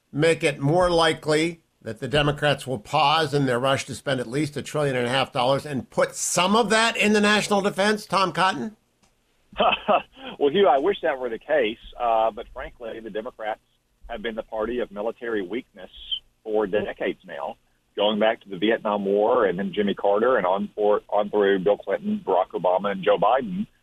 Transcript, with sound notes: make it more likely that the Democrats will pause in their rush to spend at least $1.5 trillion dollars and put some of that into national defense, Tom Cotton?
(laughing) Well, Hugh, I wish that were the case. But frankly, the Democrats have been the party of military weakness for decades now going back to the Vietnam War and then Jimmy Carter, and on through Bill Clinton, Barack Obama and Joe Biden.